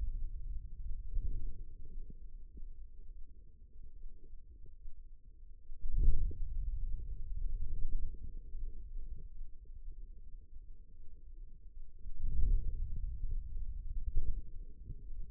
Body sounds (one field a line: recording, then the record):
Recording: forearm muscle sounds (acoustic myography)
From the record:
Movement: hand closing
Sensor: system 2, bracelet of six BSWA MPA416 microphones around the upper forearm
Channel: 4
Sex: female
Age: 25 years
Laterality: right